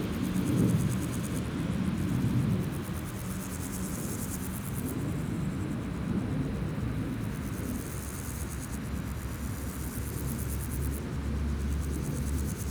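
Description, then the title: Grasshopper stridulation as high, rapidly pulsed buzzing in long bursts, partly masked by loud traffic and vehicle rumble throughout. Grasshoppers on a sunny day at Chaussée de Tervueren, Pins Noirs, Auderghem, Brussels, Belgium, with passing cars; recorded with DPA 4060 microphones in AB position into a Zoom F3. "Chaussée de Tervueren, Pins Noirs, Auderghem, Bruxelles-Capitale, 1160, Belgique - Sauterelles - Grasshoppers"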